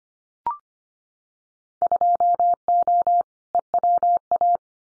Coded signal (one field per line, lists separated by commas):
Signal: Morse code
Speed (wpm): 25 wpm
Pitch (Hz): 700 Hz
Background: none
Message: 2O EWA